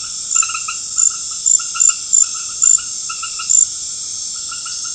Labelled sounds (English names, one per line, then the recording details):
none
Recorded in pastures near Puerto Asís, Putumayo, Colombia, on 12 March 2025 at 20:00
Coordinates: 0.502, -76.324
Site GP07